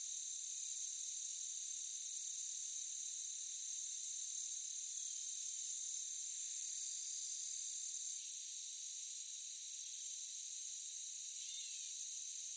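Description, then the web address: Crickets in chorus, with repeated surges of rapid high pulses over a continuous high shrilling. Meadow ambience. "Blastwave AMBIENCE Meadow Crickets"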